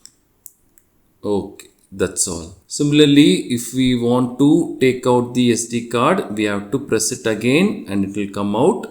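A microSD card, taken from a feature phone, is pushed by fingernail deep into the spring-loaded card slot of a Kodak Charmera keychain digital camera. Faint sharp ticks sound near the start, with the card clicking and locking into place at 0.5 s. Someone then talks for the rest of the clip.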